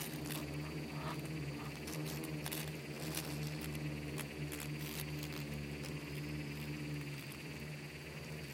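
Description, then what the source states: Swarming insects give a dense low buzzing drone, with frequent crackling taps and patter throughout and a faint high steady tone above. Bugs and beetles swarming in the Namib desert, among the micro-sounds of a desert soundscape that seems quiet at first listen.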